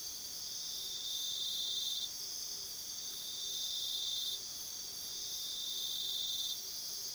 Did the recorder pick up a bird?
no